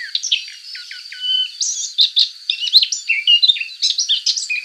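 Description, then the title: Subalpine warbler song: a rapid, scratchy warble of short chattering notes and brief whistles, mostly high-pitched, with a steady thin high tone running underneath. "Sylvain Jaskowiak - Mes piafs. Fauvette passerinette"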